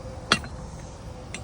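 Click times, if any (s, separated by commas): 0.3 s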